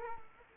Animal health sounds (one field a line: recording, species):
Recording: mosquito wingbeat signal from an infrared sensor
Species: Culex quinquefasciatus